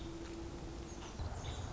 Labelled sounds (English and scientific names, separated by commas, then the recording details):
Nuttall's Woodpecker (Dryobates nuttallii)
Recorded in Sonoma County, California